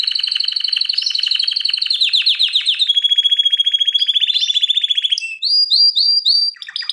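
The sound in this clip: Canary song of fast high rolled trills, steady buzzy runs, then repeated sharp upslurred notes near the end, loud and continuous.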